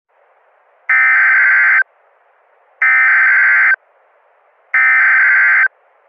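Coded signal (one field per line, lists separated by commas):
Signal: Emergency Alert System (SAME) tones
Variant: header bursts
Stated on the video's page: Recreation of a Shelter in Place Warning, believed to be the NWS's first use of the SPW code.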